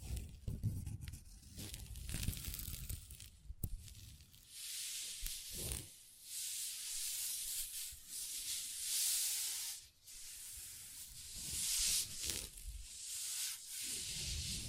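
Long nails scratch and rub across a table in sweeping strokes, a bright, hissing scrape that swells and fades every second or two. A few soft taps and low thumps land early, near the start and around two and six seconds.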